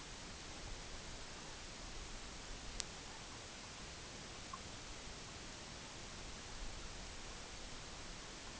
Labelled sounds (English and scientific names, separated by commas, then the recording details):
none
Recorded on Arctic tundra, site EABA-MC, on 22 June 2019
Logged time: 18:00